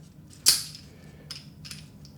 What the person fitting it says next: It locks into place.